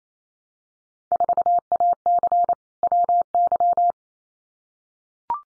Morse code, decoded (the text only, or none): 4AC WY